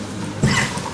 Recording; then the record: coughing mixed with background sound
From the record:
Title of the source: Mid-morning Winter Coughing Fit